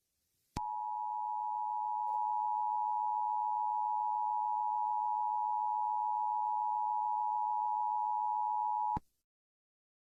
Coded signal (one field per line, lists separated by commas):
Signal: Emergency Alert System (SAME) tones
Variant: 853 and 960 Hz attention tone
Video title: Wario Dies After An EAS Warning of Dark Dress Gabrielle While Watching WOW WOW Wubbzy